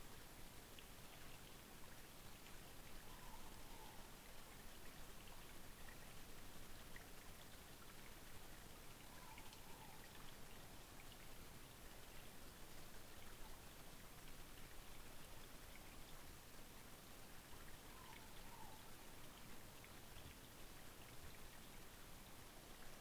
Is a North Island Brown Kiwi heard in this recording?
no